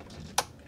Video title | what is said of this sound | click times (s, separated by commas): How To Make Your Door Kick-In Proof Like A TANK! Keep Your Family & Home SAFE! | so let me do it again and hear this click | 0.4 s